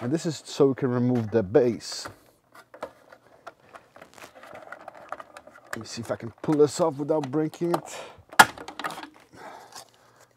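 Someone talks while prying a snap-in plastic cover off the bottom of an LCD monitor's rear housing to reach the base, with faint small clicks and handling ticks along the way. A sharp, loud snap rings out at 8.4 s as the snap-fit plastic cover pops off and comes free.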